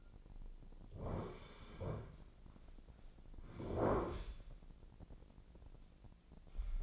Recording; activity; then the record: daily activity, microphone in the room; sit down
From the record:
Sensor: 5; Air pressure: 1009.3 hPa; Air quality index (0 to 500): 156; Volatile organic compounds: 2 ppm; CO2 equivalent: 1201 ppm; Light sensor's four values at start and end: 268/644/272/297 and 268/646/273/298